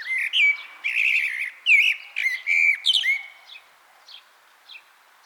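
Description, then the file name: Common blackbird song: a run of mellow fluted notes mixed with squeaky high twitters, then a few faint scratchy notes. "Turdus merula"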